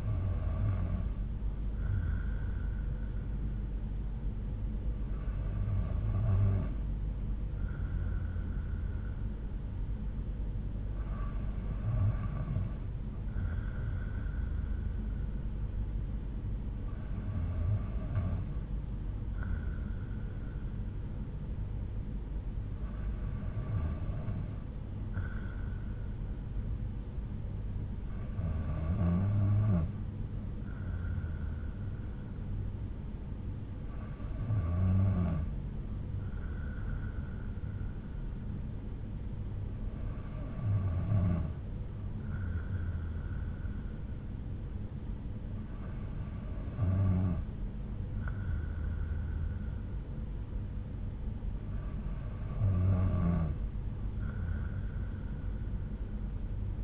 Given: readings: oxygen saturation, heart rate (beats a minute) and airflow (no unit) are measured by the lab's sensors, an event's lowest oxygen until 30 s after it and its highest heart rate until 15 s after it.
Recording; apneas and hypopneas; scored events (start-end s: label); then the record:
breathing in sleep by a smartphone at the bedside; none
none scored
From the record:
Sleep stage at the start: N2 (light sleep); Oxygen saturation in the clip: 92 to 93%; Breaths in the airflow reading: 10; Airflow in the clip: -3.7 to 4.4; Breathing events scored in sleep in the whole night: 368 in 8.0 hours asleep